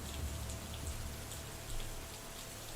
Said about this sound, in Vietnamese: Tháng 7 mưa bay, trời hay giông bão